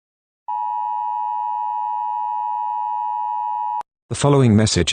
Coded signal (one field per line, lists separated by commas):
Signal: Emergency Alert System (SAME) tones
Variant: 853 and 960 Hz attention tone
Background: speech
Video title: EAS Scenario #42: The Cenobite Rampage.